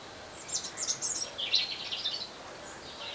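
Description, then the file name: European robin high, thin notes in quick, varied twittering clusters for about two seconds, then a fainter trailing phrase, over a steady background hiss. "Erithacus rubecula"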